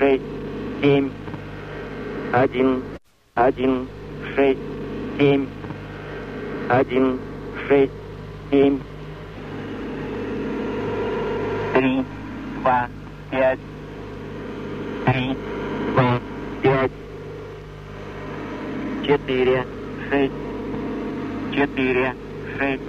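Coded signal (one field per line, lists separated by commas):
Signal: numbers station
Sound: a voice reads single digits at even intervals over a steady droning hum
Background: radio hum and static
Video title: The Conet Project 340 - "167"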